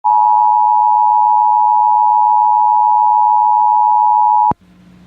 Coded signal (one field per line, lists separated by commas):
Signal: Emergency Alert System (SAME) tones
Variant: 853 and 960 Hz attention tone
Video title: AM/FM EAS #13 (EAS #57): Flash Flood Warning #3, 8/2/18